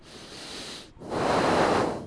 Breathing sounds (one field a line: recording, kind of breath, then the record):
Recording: one breath in and out by a microphone near the nose and mouth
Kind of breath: deep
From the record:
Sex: male